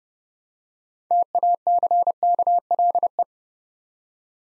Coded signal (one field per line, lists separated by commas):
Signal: Morse code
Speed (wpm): 30 wpm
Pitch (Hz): 700 Hz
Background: none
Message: TACKLE